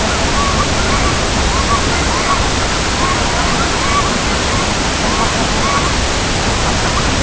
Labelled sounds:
unidentified sound, King Eider (Somateria spectabilis)

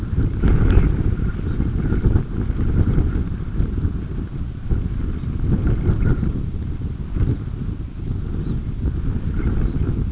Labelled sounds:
Red Phalarope (Phalaropus fulicarius)

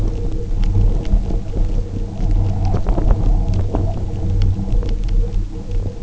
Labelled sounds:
none

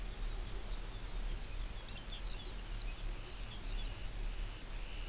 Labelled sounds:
Lapland Longspur (Calcarius lapponicus), Dunlin (Calidris alpina)

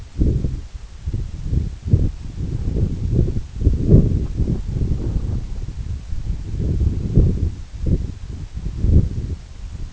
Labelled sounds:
none

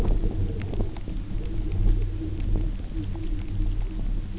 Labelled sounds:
none

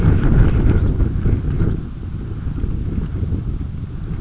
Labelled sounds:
Red Phalarope (Phalaropus fulicarius)

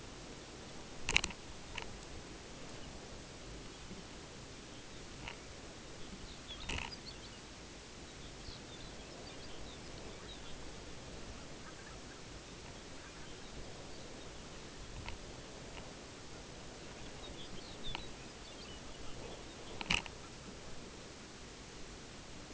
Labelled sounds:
unidentified sound, Lapland Longspur (Calcarius lapponicus)

